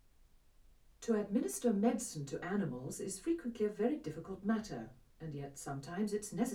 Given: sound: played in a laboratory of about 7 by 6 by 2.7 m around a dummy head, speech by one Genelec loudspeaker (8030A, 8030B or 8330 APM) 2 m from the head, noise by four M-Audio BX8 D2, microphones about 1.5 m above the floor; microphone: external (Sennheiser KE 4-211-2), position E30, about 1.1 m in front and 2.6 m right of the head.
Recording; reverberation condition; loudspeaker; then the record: female speech in English; low; 120 degrees to the left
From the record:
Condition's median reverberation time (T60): about 310 ms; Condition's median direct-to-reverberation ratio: about 3.5 dB